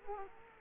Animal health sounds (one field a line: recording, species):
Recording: mosquito wingbeat signal from an infrared sensor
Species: Culex quinquefasciatus